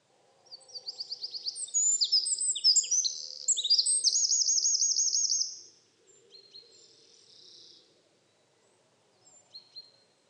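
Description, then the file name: Eurasian wren song: a loud, rapid burst of high, sharp notes running into a fast rattling trill for about five seconds, followed by fainter song phrases afterwards. "Troglodytes troglodytes"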